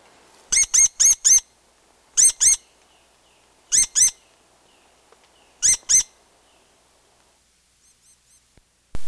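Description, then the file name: Rose-breasted grosbeak giving sharp, squeaky metallic call notes in a quick burst of four, then pairs, spaced about every one and a half to two seconds; then a few faint notes and a sudden loud sound at the very end. "Rose-breasted Grosbeak - Pheucticus ludovicianus"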